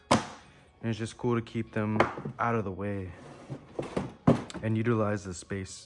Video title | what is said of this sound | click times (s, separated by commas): What's In My Packout? - Electrician | These M18s snap into place. | 0.1 s